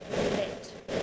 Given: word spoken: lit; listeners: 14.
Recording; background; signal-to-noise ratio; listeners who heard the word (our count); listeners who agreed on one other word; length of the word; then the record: one English word in noise, from a listening test; noise modulated by three-talker babble; -5.7 dB; 1 of 14; 7 of 14; 0.63 s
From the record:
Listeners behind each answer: 7, 2, 1, 1, 1, 1, 1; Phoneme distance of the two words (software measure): 10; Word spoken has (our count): 1 syllable, 3 phonemes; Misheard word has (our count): 1 syllable, 3 phonemes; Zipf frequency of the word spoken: 4.02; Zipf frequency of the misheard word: 4.97